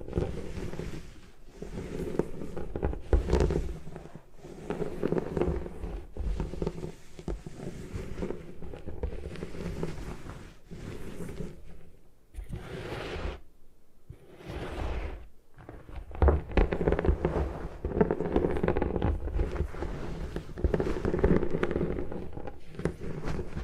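Gym chalk being crushed and smashed in dense, crumbly bursts, with brief silent gaps near 1, 12 and 15 seconds and louder thuds later.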